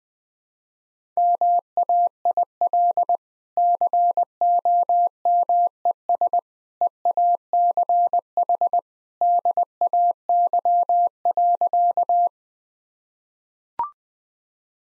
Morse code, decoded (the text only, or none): MAIL COMES EACH DAY.